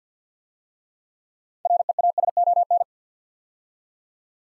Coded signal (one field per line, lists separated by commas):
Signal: Morse code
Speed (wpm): 48 wpm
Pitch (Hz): 700 Hz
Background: none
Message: REASON